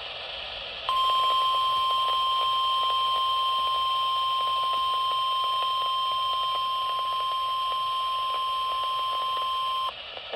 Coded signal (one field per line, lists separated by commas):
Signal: Emergency Alert System (SAME) tones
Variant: 1050 Hz attention tone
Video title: Double Header Severe Thunderstorm and Marine Warning on KWO35 (7/15/24) (EAS 12284-12285)